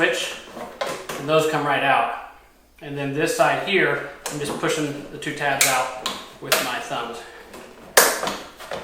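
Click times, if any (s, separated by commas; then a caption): 8.0 s. Someone talks while pushing the two plastic retaining tabs of an ignition key switch out with their thumbs, working the switch free of a riding mower's plastic console. At 8.0 s the switch pops out with a sharp snap, and it is released from the console.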